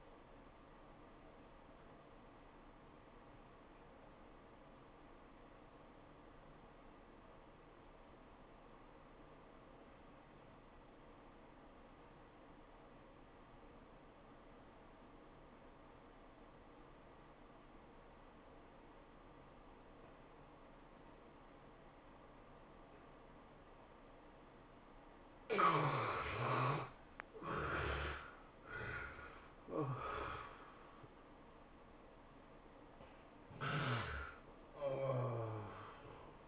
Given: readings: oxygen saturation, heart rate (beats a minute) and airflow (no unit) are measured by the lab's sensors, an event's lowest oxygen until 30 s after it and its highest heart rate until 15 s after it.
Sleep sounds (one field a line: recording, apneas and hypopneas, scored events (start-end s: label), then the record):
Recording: breathing in sleep by a voice recorder at the bedside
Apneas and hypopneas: 1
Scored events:
1.00-31.00 s: new sleep stage, N2 (light sleep)
3.00-25.30 s: obstructive apnea (N2, oxygen 97% highest, then 72% lowest, heart rate 90 at the start, 108 highest)
31.00-36.48 s: new sleep stage, N1 (lightest sleep)
From the record:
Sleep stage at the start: N1 (lightest sleep)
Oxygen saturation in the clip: 75 to 97%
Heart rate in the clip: 76 to 108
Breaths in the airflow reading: 3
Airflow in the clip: -15.6 to 22.8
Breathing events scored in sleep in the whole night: 403 in 5.5 hours asleep